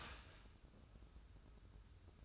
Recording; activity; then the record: daily activity, microphone in the room; start toaster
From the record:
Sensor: 2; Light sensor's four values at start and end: 136/325/137/143 and 136/325/137/143